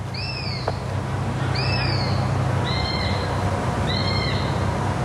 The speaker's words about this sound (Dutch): Het bos zit vol met jong grut dat de ouders het hoofd gek zeurt om voedsel. Hier horen we een bedelend sperwerjong.